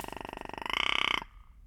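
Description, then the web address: Rock ptarmigan, a rapid rattling croak of fast pulses lasting just over a second, rising slightly in pitch and loudness before stopping abruptly. Recorded on 13 April 2019 with a Lewitt LCT 540 S microphone. "2019 04 13 lewitt lct 540 s and rock ptarmigan"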